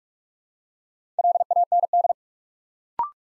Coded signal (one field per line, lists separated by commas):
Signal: Morse code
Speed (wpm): 44 wpm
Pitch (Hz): 700 Hz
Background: none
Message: LAND